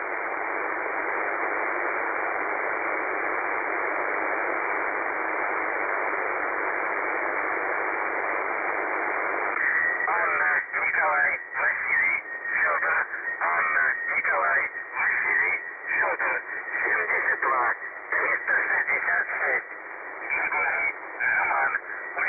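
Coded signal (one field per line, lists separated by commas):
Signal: numbers station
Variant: UVB-76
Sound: steady radio hiss, then a voice reading a message in short spoken bursts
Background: radio static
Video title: The Buzzer/UVB-76 Voice Message (December 2, 2020 11:05 UTC)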